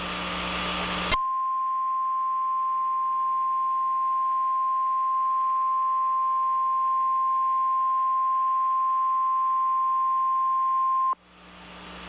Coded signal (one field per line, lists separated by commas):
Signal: Emergency Alert System (SAME) tones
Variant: 1050 Hz attention tone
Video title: (Credit to SimplexEAS2019 Productions) EAS In RI #1 - Emergency Action Notification In RI - 8/4/20